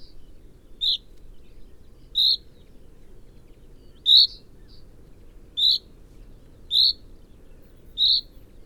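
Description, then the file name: Common chaffinch giving single clipped, metallic call notes, six of them spaced one to two seconds apart, over a faint low hiss. "Fringilla coelebs"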